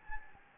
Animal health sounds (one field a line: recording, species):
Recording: mosquito wingbeat signal from an infrared sensor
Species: Anopheles gambiae